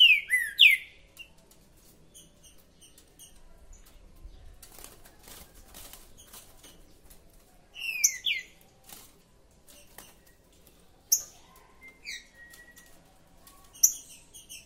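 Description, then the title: Green-winged saltator giving brief slurred whistle phrases spaced several seconds apart, with faint high chips and rustling noise between them. Chirping, singing and territorial calling, played to warm up a saltator for a singing competition. "Esse É PERFEITO Para ESQUENTAR Seu TRINCA Piando, Cantando E Macheando Na DISPUTA"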